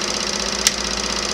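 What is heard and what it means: A sewing machine motor hums steadily as it winds thread onto the bobbin, with a sharp click at 0.7 s. This is the bobbin winder lever snapping off automatically because the bobbin is full, releasing it and stopping the spinning.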